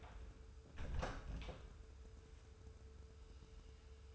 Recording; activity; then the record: daily activity, microphone in the room; close door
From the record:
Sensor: 2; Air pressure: 1015.0 hPa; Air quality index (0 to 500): 146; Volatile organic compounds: 6 ppm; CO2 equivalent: 1875 ppm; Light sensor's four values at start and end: 13/35/14/15 and 13/35/14/15